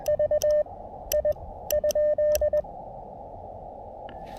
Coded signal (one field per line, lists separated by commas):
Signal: Morse code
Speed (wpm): 20 wpm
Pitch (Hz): 590 Hz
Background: none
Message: V I ?